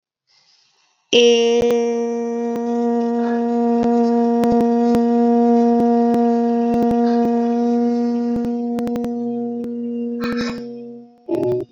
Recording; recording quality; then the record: sustained vowel as in made; excellent, no background noise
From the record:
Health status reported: COVID-19 positive, mild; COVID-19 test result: positive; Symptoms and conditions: cold, fever, fatigue, muscle pain, loss of smell and taste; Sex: female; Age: 22 years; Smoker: not ticked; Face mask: not worn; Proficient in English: yes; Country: India